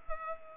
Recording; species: mosquito wingbeat signal from an infrared sensor; Culex pipiens